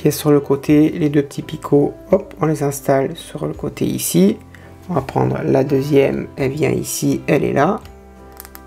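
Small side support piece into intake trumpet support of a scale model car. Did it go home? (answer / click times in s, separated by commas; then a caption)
yes / 8.4 s, 8.6 s. Someone talks over background music while pressing the second small side support piece, a little foot, into the intake trumpet support of a 1/8 scale Porsche 917KH model car kit. Short sharp plastic clicks sound at 8.4, 8.5 and 8.6 seconds as the piece clips perfectly into place.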